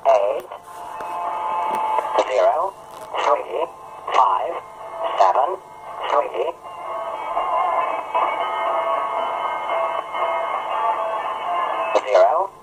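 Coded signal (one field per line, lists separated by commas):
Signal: numbers station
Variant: English Man, English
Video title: Zahlensender - Number Station - English Man - 11525kHz USB - 16.02.2020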